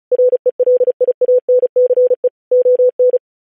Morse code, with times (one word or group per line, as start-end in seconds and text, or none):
0.1-2.3 RELIANCE
2.5-3.2 ON